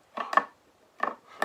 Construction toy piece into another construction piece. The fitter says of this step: together they sort of come together with a very satisfying snap well listen to this